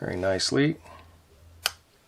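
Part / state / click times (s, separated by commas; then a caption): pocketknife blade against its backspring in the handle / seated / 1.7 s. Someone talks briefly, then a blade of a three-blade Bulldog Brand German-made sowbelly (serpentine) stockman pocketknife is opened. Its backspring in the handle snaps it into the open position with a single sharp, loud snap at 1.7 s, and the blade is seated open.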